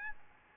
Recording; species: mosquito wingbeat signal from an infrared sensor; Aedes albopictus